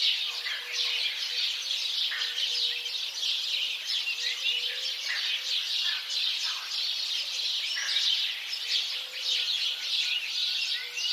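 Constant house sparrow chirping from many birds, high tweets running together, occasional lower notes and a faint hum in the background.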